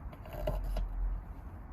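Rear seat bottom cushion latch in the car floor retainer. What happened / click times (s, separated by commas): The latch let go with a clack / 0.5 s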